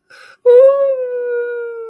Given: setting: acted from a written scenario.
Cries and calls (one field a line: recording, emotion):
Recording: vocal sound without words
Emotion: sadness